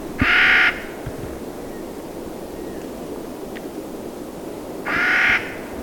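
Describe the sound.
Clark's nutcracker giving two loud, rasping, nasal calls several seconds apart, over low rumbling background noise.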